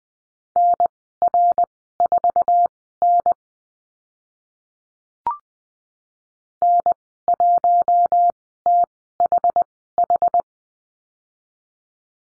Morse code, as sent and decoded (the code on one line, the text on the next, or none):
-. .-. ....- -. / -. .---- - .... ....
NR4N N1THH